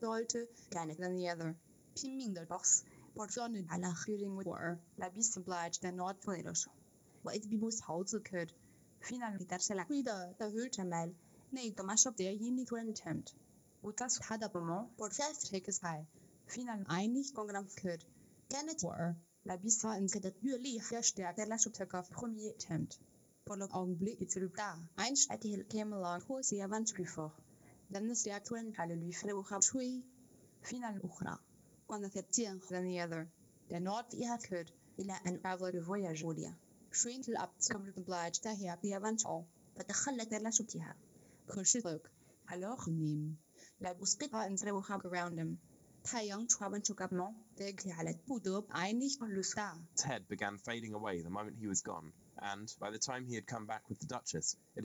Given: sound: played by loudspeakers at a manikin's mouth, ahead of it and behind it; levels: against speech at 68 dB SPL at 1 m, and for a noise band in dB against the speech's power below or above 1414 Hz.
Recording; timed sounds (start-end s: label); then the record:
test signals for a remote microphone
0.00-49.97 s: speech test signal (ISTS)
49.97-54.85 s: man speaking
From the record:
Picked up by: remote microphone A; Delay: 47 ms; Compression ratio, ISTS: 4.90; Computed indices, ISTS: SII 0.993, HASPI 0.999, HASQI 0.497 (non-linear 0.574, linear 0.866), ESTOI 0.858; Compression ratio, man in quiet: 8.14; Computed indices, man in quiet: SII 0.991, HASPI 1.000, HASQI 0.503 (non-linear 0.584, linear 0.862), ESTOI 0.841